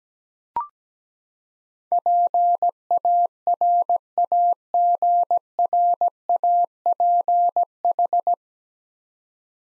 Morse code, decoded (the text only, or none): PARAGRAPH